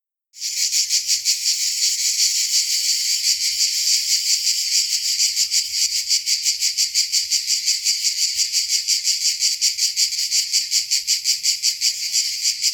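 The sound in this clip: Cicadas producing a loud, continuous high buzz with a fast pulsing throb that starts abruptly and holds steady throughout.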